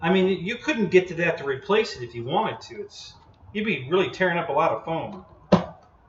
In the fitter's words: so but it's a positive click